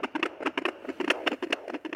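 Rapid, paired whooshing pulses, roughly 150 a minute: a fetal heartbeat picked up by a home Doppler machine the parents bought to hear it and used every morning and night.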